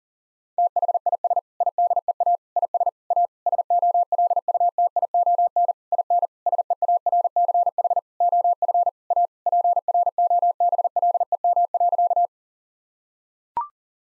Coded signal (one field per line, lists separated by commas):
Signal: Morse code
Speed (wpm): 40 wpm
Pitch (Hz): 700 Hz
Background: none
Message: THIS IDEA IS A SOLUTION IN SEARCH OF A PROBLEM.